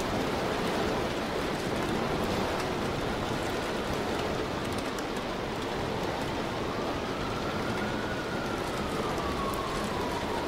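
Rain falls in Tokyo as a dense, steady hiss that stays level from start to finish, with a low rumble underneath. In the second half a faint whine slowly rises and then drops away, like a passing train or vehicle.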